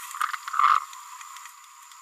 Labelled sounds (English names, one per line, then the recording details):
Green-rumped Parrotlet babbling
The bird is a male
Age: 26 days
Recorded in a nest box in Venezuela
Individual 17B31A1